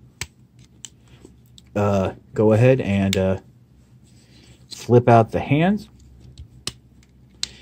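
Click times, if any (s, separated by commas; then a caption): 6.7 s, 7.4 s. Someone talks while the hands of a plastic transforming robot figure are flipped out of its forearms. Two sharp, soft clicks follow at 6.7 s and 7.4 s, one for each hand, as each hand seats into place.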